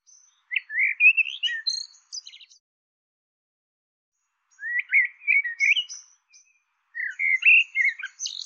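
Bird calling with rapid, tumbling chirps and high ticking notes in three bursts separated by pauses.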